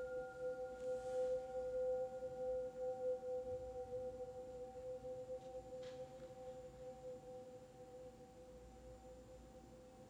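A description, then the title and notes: A healing bowl rings with a steady, pure tone, a strong mid pitch with fainter higher overtones held above it. The ring slowly fades across the ten seconds over a soft low rumble, with a couple of faint brushing noises near the start and middle. HEALING BOWLS.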